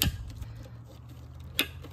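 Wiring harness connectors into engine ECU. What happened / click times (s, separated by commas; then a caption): The connectors clicked home / 0.0 s, 1.6 s. Plastic wiring harness connectors on a Lexus LS430 are pushed fully into the engine ECU, where three had been left unplugged and kept the car from starting. Two sharp clicks sound at 0.0 s and 1.6 s over a low, steady hum. The connectors seat and the ECU is reconnected.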